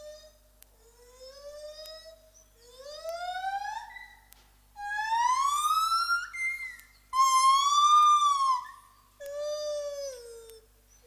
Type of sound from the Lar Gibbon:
call